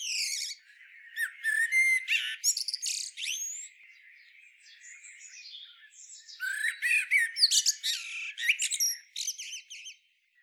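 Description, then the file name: Common blackbird with two loud bursts of squeaky, twittering song around a softer stretch of quiet warbling in between. "Turdus merula"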